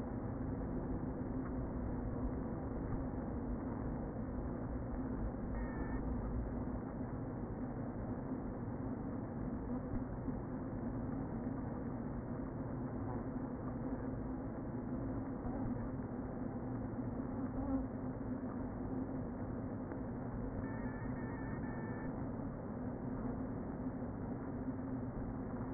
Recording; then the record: honeybee colony, microphone inside the hive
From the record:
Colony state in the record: queen present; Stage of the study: before two queens were removed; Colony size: about 60,000 bees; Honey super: yes